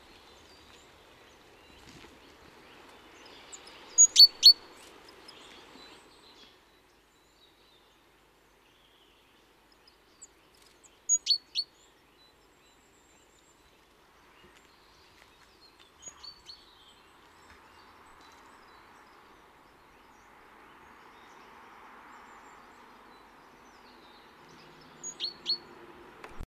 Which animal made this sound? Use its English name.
Great Tit